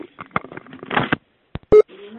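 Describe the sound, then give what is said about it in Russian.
Phone keypad tones as a caller ID is switched on and set on a telephone: a few short electronic beeps and clicks, then one loud, steady beep followed by a fainter sustained tone, with some muffled sound in the background. “Включаю определитель, ставлю на телефон.”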